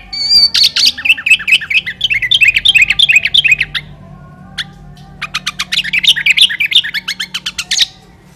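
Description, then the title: Sooty-headed bulbul singing quick bursts of chirpy, warbled notes, a brief pause, then another lively rapid phrase. "Kutilang"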